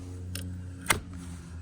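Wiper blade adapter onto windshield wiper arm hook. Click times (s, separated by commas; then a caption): 0.9 s. A new wiper blade's plastic adapter is slid up onto the metal hook of the windshield wiper arm on a 2011–2018 Jeep Wrangler JKU/JK. A lighter tick at 0.4 seconds comes before a sharp click at 0.9 seconds as the adapter locks onto the hook. The blade is seated.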